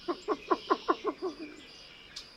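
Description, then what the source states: Least Bittern chuckle: a series of about seven low, hollow, evenly spaced notes over roughly 1.3 seconds, fading toward the end, with a faint high chirp afterward. Calling from a cattail patch beside a road at Lacassine National Wildlife Refuge, not far from Port Arthur, Texas, shortly before sunrise; humorous-sounding chuckle.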